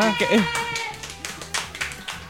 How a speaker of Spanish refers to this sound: Esto, aplaudí un poco, ¿no?